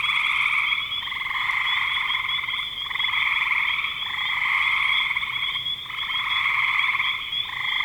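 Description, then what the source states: Frogs calling in overlapping buzzy trills that pulse in repeated swelling bouts. Spring 2025.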